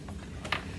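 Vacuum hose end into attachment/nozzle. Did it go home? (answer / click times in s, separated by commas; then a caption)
yes / 0.5 s. A plastic vacuum hose end, with its arrow lined up to the arrow on the attachment nozzle, is pushed in, and faint handling knocks at about 0.1 s and 0.5 s lead to a sharp click at 0.5 s. The hose connector seats in the nozzle.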